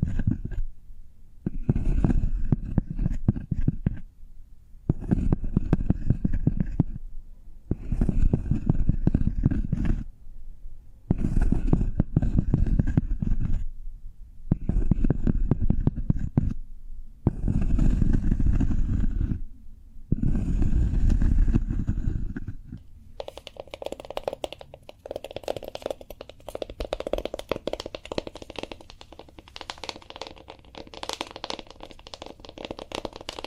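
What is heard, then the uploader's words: Cork triggers: dense, crackly scratching comes in bursts of about two seconds, separated by short silences, with a heavy low rumble under each one. From around 23 seconds the rubbing turns continuous and brighter, with fine clicking and rattling running to the end. ASMR Cork Triggers. (No Talking).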